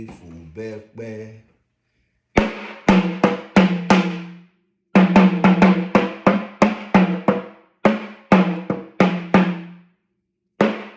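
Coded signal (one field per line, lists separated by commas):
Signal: talking drum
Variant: Yoruba sakara drum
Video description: Playing "Afomọ o le fo ibẹpẹ" with the Yoruba Orunsha Sakara talking drum by Jammal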